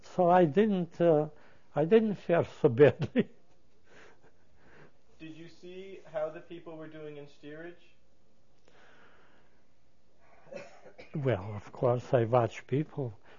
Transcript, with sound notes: So I didn't, I didn't fare so badly. (He laughs)
Did you see how the people were doing in steerage?
Well of course I watched people.